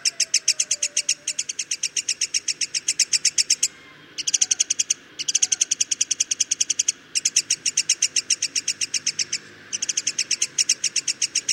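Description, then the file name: Black-headed sibia song: long runs of rapid, evenly spaced high chips, broken by short pauses into bursts of a few seconds, with a faint low whistle early on. "sibia kepala hitam omkicau"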